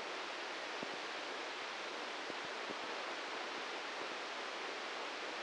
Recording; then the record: brain microelectrode recording played as sound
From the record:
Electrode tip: inside the subthalamic nucleus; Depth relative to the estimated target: 3 mm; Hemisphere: left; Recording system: NeuroSet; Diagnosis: Parkinson's disease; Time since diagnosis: 15 years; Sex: male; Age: 65 years